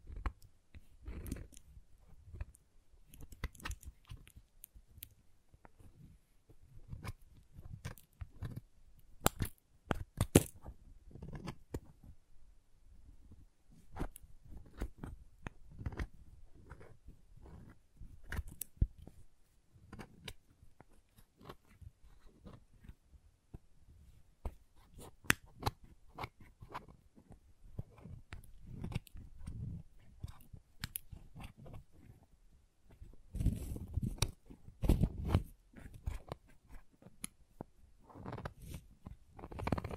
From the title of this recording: Crayons Tapping, Carving, Cutting, Drawing Sounds